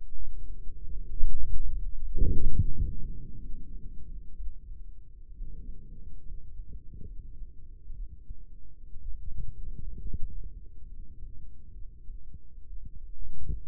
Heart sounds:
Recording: heart sounds by microphone in the right ear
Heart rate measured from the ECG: 67 bpm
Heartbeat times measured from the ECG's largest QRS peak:
0.15 s: heartbeat
1.03 s: heartbeat
1.80 s: heartbeat
2.53 s: heartbeat
3.40 s: heartbeat
4.35 s: heartbeat
5.33 s: heartbeat
6.23 s: heartbeat
7.05 s: heartbeat
7.94 s: heartbeat
9.00 s: heartbeat
10.00 s: heartbeat
10.87 s: heartbeat
11.73 s: heartbeat
12.68 s: heartbeat
13.63 s: heartbeat
From the record:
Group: healthy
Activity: rest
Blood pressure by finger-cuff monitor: 109/65 mmHg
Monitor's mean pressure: 77 mmHg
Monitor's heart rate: 66 bpm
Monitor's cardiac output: 5.5 L/min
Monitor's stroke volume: 81 mL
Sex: female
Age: 36 years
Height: 163 cm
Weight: 88 kg

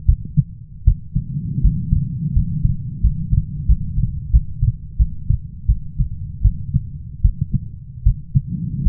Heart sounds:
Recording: heart sounds by stethoscope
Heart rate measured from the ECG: 82 bpm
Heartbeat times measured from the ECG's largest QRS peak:
0.07 s: heartbeat
0.86 s: heartbeat
1.62 s: heartbeat
2.34 s: heartbeat
3.02 s: heartbeat
3.67 s: heartbeat
4.32 s: heartbeat
4.98 s: heartbeat
5.67 s: heartbeat
6.43 s: heartbeat
7.23 s: heartbeat
8.04 s: heartbeat
8.84 s: heartbeat
From the record:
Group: healthy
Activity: rest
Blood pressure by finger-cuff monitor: 156/63 mmHg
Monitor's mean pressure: 90 mmHg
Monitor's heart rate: 79 bpm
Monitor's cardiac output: 8.8 L/min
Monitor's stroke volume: 106 mL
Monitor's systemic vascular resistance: 740 dyn s/cm5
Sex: female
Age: 37 years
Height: 168 cm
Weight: 70 kg

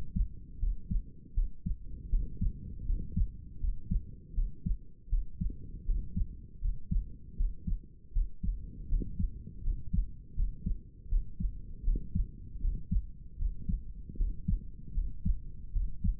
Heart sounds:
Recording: heart sounds by stethoscope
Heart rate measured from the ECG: 79 bpm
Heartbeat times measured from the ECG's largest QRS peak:
0.59 s: heartbeat
1.34 s: heartbeat
2.09 s: heartbeat
2.85 s: heartbeat
3.59 s: heartbeat
4.34 s: heartbeat
5.09 s: heartbeat
5.85 s: heartbeat
6.60 s: heartbeat
7.36 s: heartbeat
8.12 s: heartbeat
8.88 s: heartbeat
9.62 s: heartbeat
10.35 s: heartbeat
11.08 s: heartbeat
11.83 s: heartbeat
12.60 s: heartbeat
13.37 s: heartbeat
14.16 s: heartbeat
14.93 s: heartbeat
15.72 s: heartbeat
From the record:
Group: healthy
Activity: rest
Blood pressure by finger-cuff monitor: 114/79 mmHg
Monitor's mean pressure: 86 mmHg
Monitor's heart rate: 79 bpm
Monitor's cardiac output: 6.6 L/min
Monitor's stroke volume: 81 mL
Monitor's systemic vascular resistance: 950 dyn s/cm5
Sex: male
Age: 35 years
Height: 180 cm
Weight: 86.9 kg

